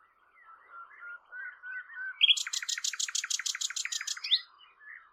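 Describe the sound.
Bird song: soft low warbled notes, then a loud rapid trill of sharp high notes lasting about two seconds before fading into quieter twitters.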